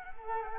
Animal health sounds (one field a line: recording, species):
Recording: mosquito wingbeat signal from an infrared sensor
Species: Culex quinquefasciatus